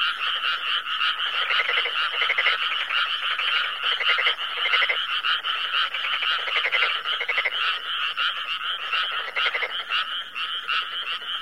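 Frogs croaking together in a dense chorus, pulsed rattling calls in bursts over a steady trilling background.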